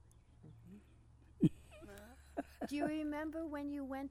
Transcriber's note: laughs